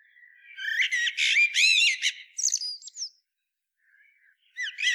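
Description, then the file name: Eurasian blackbird song: loud chattering, squeaky phrase lasting about two and a half seconds with a high thin flourish, a pause, then another phrase beginning. "Turdus merula"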